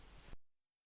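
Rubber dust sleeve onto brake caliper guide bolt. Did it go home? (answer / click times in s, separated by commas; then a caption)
no / none. A rubber dust sleeve is being handled on the greased guide bolt of a brake caliper on a VW Passat B5 / 3B(G), with the bolt set in the caliper bushing. Steady broadband hiss fills the first 0.35 seconds, then cuts off abruptly into near silence. Nothing has seated or snapped into place yet.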